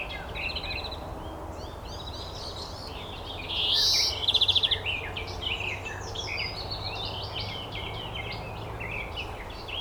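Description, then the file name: European greenfinch calls: soft twittering chirps, a loud harsh wheeze around four seconds followed at once by a quick rattling trill, then more chatter over low noise. "Chloris chloris"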